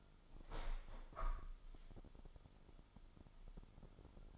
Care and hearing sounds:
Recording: daily activity, microphone in the room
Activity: open window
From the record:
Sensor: 5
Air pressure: 995.8 hPa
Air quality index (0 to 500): 107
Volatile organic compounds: 8 ppm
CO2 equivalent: 2065 ppm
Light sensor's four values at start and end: 40/97/39/41 and 40/97/39/41

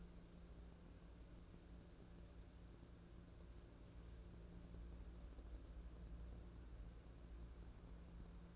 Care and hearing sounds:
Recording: daily activity, microphone in the room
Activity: wipe stove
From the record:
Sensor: 2

